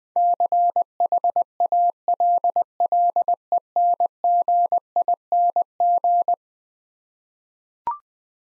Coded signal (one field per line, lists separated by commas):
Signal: Morse code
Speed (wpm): 20 wpm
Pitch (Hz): 700 Hz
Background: none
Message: CHALLENGING